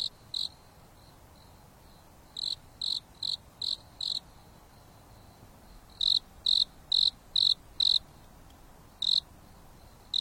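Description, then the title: Insect chirping, shrill and high, delivered in quick groups of four to five pulses separated by pauses of about two seconds, with a faint background hiss. Insects singing at night on a mountain top under a starry sky, with a gentle breeze blowing. "There is a gentle breeze blowing on the top of the mountain under the starry sky, and the insects are singing leisurely."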